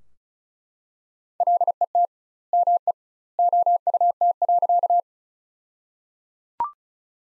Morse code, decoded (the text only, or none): LET ME OUT.